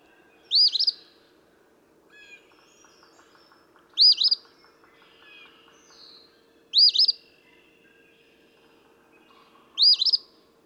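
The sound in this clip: Eastern phoebe singing a sharp, buzzy two-part fee-bee phrase four times, roughly every three seconds, over a quiet steady hum and faint chirps.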